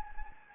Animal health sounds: mosquito wingbeat signal from an infrared sensor; Anopheles gambiae

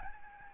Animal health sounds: mosquito wingbeat signal from an infrared sensor; Aedes albopictus

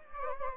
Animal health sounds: mosquito wingbeat signal from an infrared sensor; Anopheles gambiae

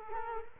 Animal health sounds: mosquito wingbeat signal from an infrared sensor; Culex quinquefasciatus

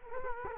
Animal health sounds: mosquito wingbeat signal from an infrared sensor; Culex quinquefasciatus

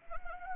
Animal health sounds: mosquito wingbeat signal from an infrared sensor; Anopheles arabiensis

